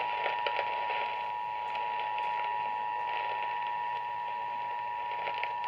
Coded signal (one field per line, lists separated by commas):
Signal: Emergency Alert System (SAME) tones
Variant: 853 and 960 Hz attention tone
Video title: A MARINGAL RISK OF SEVERE STORMS OF TEXAS EAS Alerts from 1/7/23 (EAS#68 & #80)